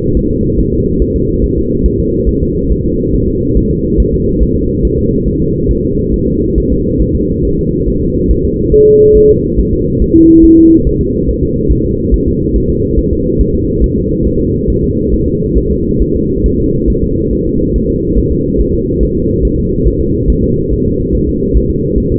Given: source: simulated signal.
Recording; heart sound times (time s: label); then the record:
fetal heart sounds
0.17 s: S1
0.31 s: S2
0.59 s: S1
0.73 s: S2
1.02 s: S1
1.16 s: S2
1.44 s: S1
1.58 s: S2
1.86 s: S1
2.00 s: S2
2.29 s: S1
2.43 s: S2
2.72 s: S1
2.85 s: S2
3.14 s: S1
3.28 s: S2
3.57 s: S1
3.71 s: S2
4.00 s: S1
4.14 s: S2
4.42 s: S1
4.56 s: S2
4.85 s: S1
4.99 s: S2
5.28 s: S1
5.42 s: S2
5.71 s: S1
5.85 s: S2
6.14 s: S1
6.28 s: S2
6.58 s: S1
6.72 s: S2
7.02 s: S1
7.16 s: S2
7.45 s: S1
7.59 s: S2
7.88 s: S1
8.02 s: S2
8.31 s: S1
8.45 s: S2
8.74 s: S1
8.88 s: S2
9.17 s: S1
9.31 s: S2
9.59 s: S1
9.73 s: S2
10.02 s: S1
10.16 s: S2
10.45 s: S1
10.58 s: S2
10.87 s: S1
11.01 s: S2
11.29 s: S1
11.43 s: S2
11.72 s: S1
11.86 s: S2
12.14 s: S1
12.28 s: S2
12.56 s: S1
12.70 s: S2
12.99 s: S1
13.13 s: S2
13.41 s: S1
13.55 s: S2
13.84 s: S1
13.98 s: S2
14.27 s: S1
14.41 s: S2
14.70 s: S1
14.84 s: S2
15.14 s: S1
15.28 s: S2
15.58 s: S1
15.72 s: S2
16.02 s: S1
16.16 s: S2
16.46 s: S1
16.60 s: S2
16.90 s: S1
17.04 s: S2
17.33 s: S1
17.47 s: S2
17.76 s: S1
17.90 s: S2
18.18 s: S1
18.32 s: S2
18.61 s: S1
18.75 s: S2
19.03 s: S1
19.17 s: S2
19.45 s: S1
19.59 s: S2
19.88 s: S1
20.02 s: S2
20.30 s: S1
20.44 s: S2
20.73 s: S1
20.87 s: S2
21.15 s: S1
21.29 s: S2
21.57 s: S1
21.71 s: S2
21.98 s: S1
22.12 s: S2
From the record:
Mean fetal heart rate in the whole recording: 140 bpm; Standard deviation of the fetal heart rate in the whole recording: 2 bpm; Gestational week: 34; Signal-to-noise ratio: -10.2 dB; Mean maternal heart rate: 72 bpm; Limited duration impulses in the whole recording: present